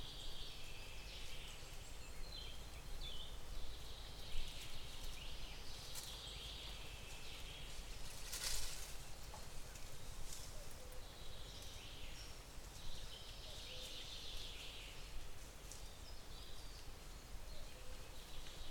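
Birds call and trill intermittently in a beech forest over a steady low hiss, with brief sharp rustles and clicks, one louder near eight seconds.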